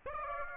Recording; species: mosquito wingbeat signal from an infrared sensor; Aedes aegypti